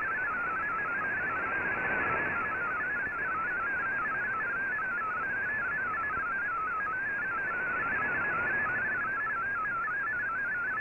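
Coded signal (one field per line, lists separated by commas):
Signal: multi-tone FSK (Olivia or MFSK type)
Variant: MFSK16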